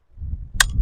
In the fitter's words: click right there